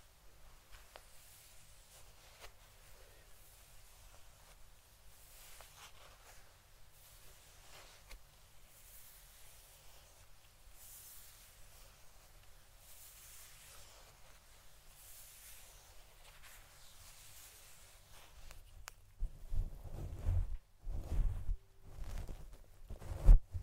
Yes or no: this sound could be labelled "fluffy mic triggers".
yes